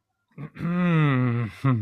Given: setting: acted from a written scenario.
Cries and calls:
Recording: vocal sound without words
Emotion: pride

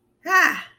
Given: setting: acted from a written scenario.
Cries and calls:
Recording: vocal sound without words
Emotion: pride

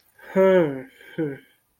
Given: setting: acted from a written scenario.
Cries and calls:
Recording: vocal sound without words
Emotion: disappointment

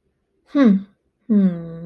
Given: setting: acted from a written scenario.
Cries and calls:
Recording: vocal sound without words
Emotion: confusion

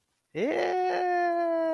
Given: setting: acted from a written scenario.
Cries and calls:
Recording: vocal sound without words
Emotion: elation

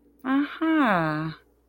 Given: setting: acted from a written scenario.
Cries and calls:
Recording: vocal sound without words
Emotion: interest

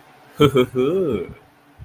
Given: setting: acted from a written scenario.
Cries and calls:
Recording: vocal sound without words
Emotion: desire

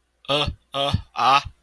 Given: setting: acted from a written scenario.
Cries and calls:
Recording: vocal sound without words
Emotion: distress

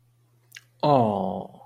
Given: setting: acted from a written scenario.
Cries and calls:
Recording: vocal sound without words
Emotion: adoration

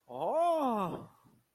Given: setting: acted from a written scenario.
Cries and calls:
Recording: vocal sound without words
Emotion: positive surprise

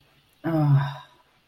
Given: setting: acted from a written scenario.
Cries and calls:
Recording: vocal sound without words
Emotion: ecstasy

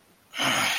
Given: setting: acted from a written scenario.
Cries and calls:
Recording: vocal sound without words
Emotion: anger

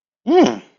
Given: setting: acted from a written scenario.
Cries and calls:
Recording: vocal sound without words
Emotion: interest

